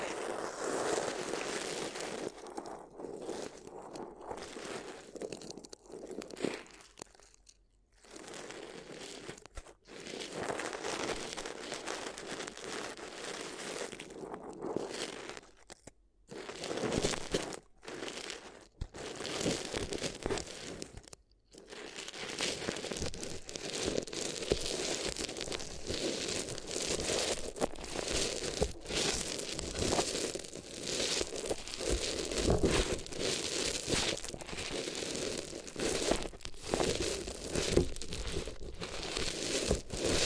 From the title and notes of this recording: ASMR If You Had Paper Ears (No Talking).